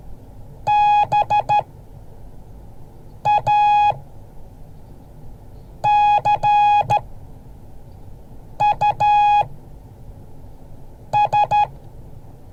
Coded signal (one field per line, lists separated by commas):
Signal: Morse code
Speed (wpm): 13 wpm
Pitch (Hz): 830 Hz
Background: none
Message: BACUS